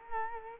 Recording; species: mosquito wingbeat signal from an infrared sensor; Culex quinquefasciatus